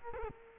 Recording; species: mosquito wingbeat signal from an infrared sensor; Culex quinquefasciatus